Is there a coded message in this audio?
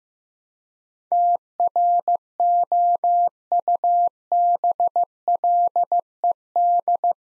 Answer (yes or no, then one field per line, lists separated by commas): yes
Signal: Morse code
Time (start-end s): 1.1-7.1 s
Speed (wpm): 15 wpm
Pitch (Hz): 700 Hz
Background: none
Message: TROUBLED